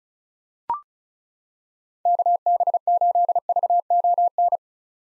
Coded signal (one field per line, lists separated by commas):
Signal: Morse code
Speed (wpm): 36 wpm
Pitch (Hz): 700 Hz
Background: none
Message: KB8VON